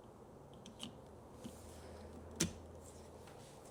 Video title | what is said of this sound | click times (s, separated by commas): How to Replace Front & Rear Wipers on a Toyota RAV4 (2019–2025) | There you go, you'll hear it click. | 2.4 s